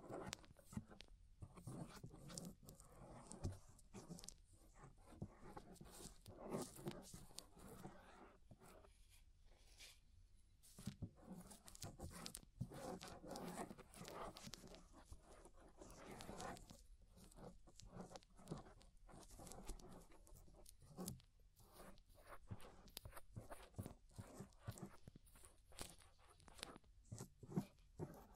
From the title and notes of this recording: Inner and Outer Ear Scraping (No Talking).